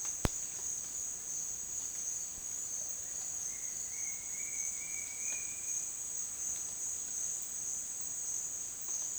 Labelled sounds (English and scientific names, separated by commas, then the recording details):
none
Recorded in dense forest near Puerto Asís, Putumayo, Colombia, on 19 June 2025 at 12:30
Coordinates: 0.466, -76.327
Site GP04